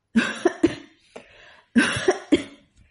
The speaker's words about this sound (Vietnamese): Ngay sau đó, ho khan một trận kịch liệt.